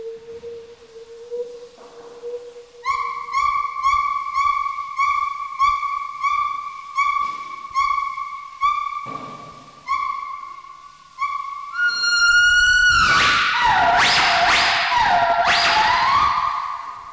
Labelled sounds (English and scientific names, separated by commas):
Northern White-cheeked Gibbon (Nomascus leucogenys)